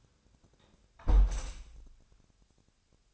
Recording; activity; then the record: daily activity, microphone in the room; close window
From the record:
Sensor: 2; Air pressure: 1000.3 hPa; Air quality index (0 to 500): 140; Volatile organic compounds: 2 ppm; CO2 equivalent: 1169 ppm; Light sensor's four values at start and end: 11/31/12/14 and 11/29/11/13